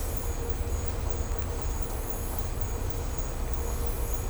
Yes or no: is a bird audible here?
no